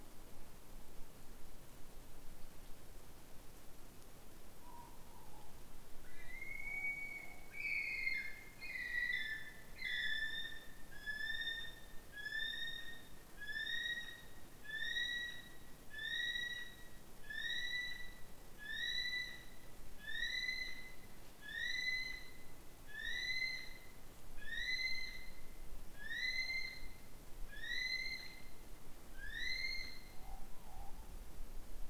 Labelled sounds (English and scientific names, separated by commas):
North Island Brown Kiwi (Apteryx mantelli) male call